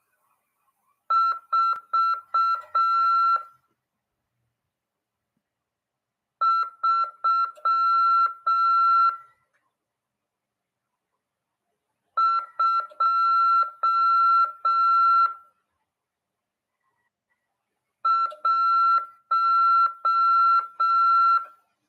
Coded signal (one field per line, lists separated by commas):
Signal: Morse code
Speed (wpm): 6 wpm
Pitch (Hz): 1350 Hz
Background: none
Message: 4321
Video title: RADIOAMADOR 1ªEd. 15/2/2023 "AULA 16 CW, LEGIS e C.RODADA" PY2EXU PAULO SP/SP CRASP FM 146.410 Mhz.